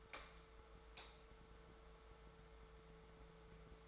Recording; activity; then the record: daily activity, microphone in the room; light on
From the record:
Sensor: 3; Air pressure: 1014.5 hPa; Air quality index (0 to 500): 180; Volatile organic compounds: 18 ppm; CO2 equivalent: 2632 ppm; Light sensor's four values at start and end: 14/35/14/15 and 16/41/17/17